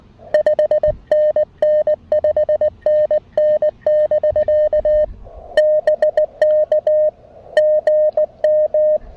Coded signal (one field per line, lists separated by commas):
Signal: Morse code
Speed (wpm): 19 wpm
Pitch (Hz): 590 Hz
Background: music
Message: 5NN 5NN <BK> BK GM